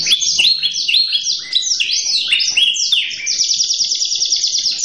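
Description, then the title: Canary singing quick descending whistles that merge into a fast, steady rolling trill. Manasaja canary, song described as gacor ngotot with a long roll (roll panjang), used to make other canaries answer at once (langsung nyaut). "LANGSUNG NYAUT GACOR DOR Kenari Manasaja, Dengan Kicau Kenari GACOR NGOTOT ROLL PANJANG"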